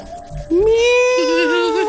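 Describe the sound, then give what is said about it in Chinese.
A voice imitates a cat's meow while telling a story: a single long, loud, drawn-out call that rises in pitch at the start, then holds and wavers slightly before trailing off. “上回书说到了，刚刚到了三更天，书生有点困了，躺到了床上，忽然就听到了几声猫叫。”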